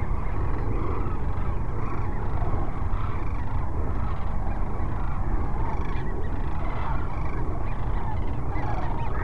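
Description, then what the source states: Sandhill crane flock, continuous gargling, rattled calls from many birds, mixed with a low rumble. Sandhill cranes at Cochise Lakes on 30 January 2019.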